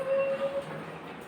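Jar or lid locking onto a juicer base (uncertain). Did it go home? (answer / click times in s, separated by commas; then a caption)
no / none. Someone tries to lock a part, most likely the jar or lid of a juicer, onto its base. A steady tone near 550 Hz sounds for the first 0.6 seconds over low, rumbling broadband noise that then fades. The part does not lock, and nothing has clicked or seated yet.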